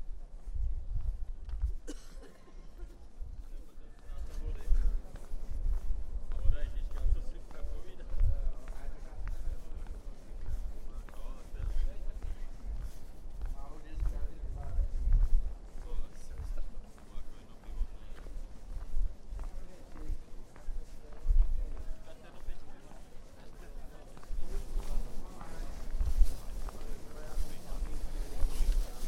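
A walk from Prague Castle toward Charles Bridge, with a crowd's chatter running steadily throughout and voices rising and fading as people pass. Low thumps and footsteps keep up an irregular beat, with a few sharper knocks, possibly hooves, near 5, 15 and 21 seconds.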